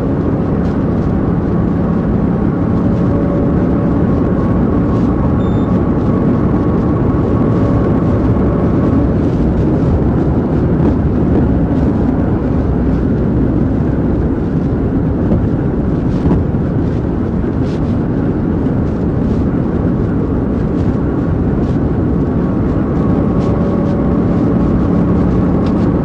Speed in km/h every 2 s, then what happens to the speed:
163, 169, 174, 177, 175, 171, 163, 158, 158, 158, 161, 161, 169.
0-6 speeds up to 177. 6-14 slows to 158. 14-26 speeds up to 169.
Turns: none.